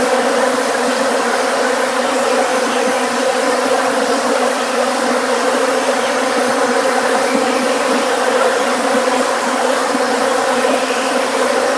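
Bees buzzing: a dense, steady, loud hum of many wings that never lets up throughout, without pauses or other clear sounds.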